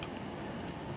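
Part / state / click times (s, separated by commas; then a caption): internal pistol component into the frame or slide / seated / 0.0 s. While reassembling an AMT Auto Mag .22 pistol, an internal component is pushed with a little force into the frame or slide, and a short tick is heard at 0.0 s over steady broadband background noise. The part seats in place.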